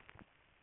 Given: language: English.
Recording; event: throat vibration sensor signal played as sound; swallow